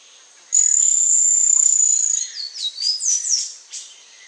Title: LuckyPassaro Completos2Sama. Ochre-collared Piculet (Picumnus temminckii)